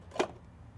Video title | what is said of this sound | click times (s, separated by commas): Ta Prismavent 40® en vidéo (version sous-titrée) | ouvrir le couvercle à l'aide de la grande encoche en le déclipsant vers le haut. | 0.2 s